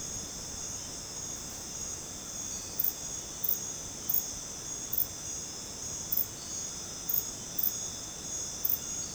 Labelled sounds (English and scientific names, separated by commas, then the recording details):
none
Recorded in dense forest near Puerto Asís, Putumayo, Colombia, on 13 March 2025 at 20:00
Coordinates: 0.486, -76.317
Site G053